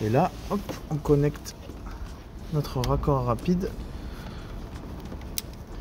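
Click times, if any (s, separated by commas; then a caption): 5.4 s. A plastic quick-connect fuel line fitting is pushed onto an ethanol flex-fuel content sensor while someone talks. After the talking, a sharp click at 5.4 s marks the connector seating, and the connection is good.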